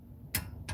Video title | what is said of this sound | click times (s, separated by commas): findfixxflip is live! | there we go there's our click | 0.4 s